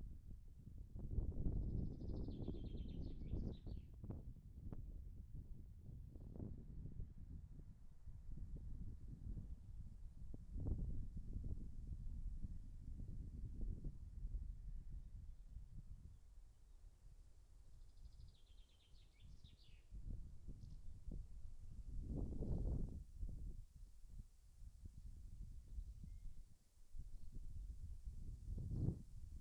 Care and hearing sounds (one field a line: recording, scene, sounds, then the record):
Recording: everyday scene through a hearing-aid microphone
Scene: wind on the microphone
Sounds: wind, birds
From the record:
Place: in front of a rural house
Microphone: behind the ear, left, rear